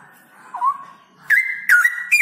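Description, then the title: Straw-headed bulbul song: a soft, dipping whistle followed by a loud, sustained whistled phrase with quick breaks. Male, singing loudly with long trills. "Cucak ROWO Jantan GACOR Suara Lantang ROoo EL Panjang"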